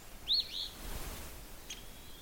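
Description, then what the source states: Eastern Phoebe: a short, rough note, then a thin, faint note a little over a second later. Song is rougher and more emphatic than the chickadee's two-noted phoebe song; cold morning outdoors.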